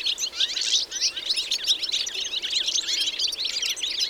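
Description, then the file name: European goldfinch: loud, rapid tinkling chirps and buzzy twitters tumbling over one another without pause. "Carduelis carduelis"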